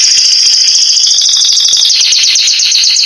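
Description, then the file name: Canary producing a continuous high, fast rattling trill throughout, steady in loudness. Song (canto). "canto do canario giboso espanhol"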